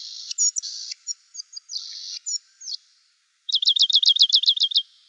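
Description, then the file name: Rock wren song: buzzy, scratchy phrases high in pitch, then after a short pause a fast run of about a dozen repeated sharp trilled notes. Arizona, recorded 1 November 2003. "ROWR 2 deviche"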